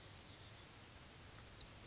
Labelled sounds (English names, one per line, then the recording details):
Chestnut-backed Chickadee
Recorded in Sonoma County, California